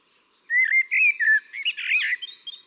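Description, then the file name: Eurasian blackbird delivers a rolling, mellow whistled phrase that dips and rises, then breaks into a long jumble of high scratchy twitters. "Turdus merula"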